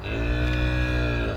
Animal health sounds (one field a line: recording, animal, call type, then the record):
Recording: contact call of a hoofed animal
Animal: cattle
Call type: low-frequency (closed-mouth) or high-frequency (open-mouth) call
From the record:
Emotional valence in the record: negative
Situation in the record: full separation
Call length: 1.36 s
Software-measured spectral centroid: 1830 Hz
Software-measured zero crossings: 1450 a second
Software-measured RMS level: -24 dBFS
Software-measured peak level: -13 dBFS